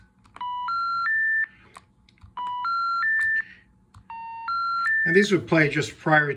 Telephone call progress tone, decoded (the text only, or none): special information tone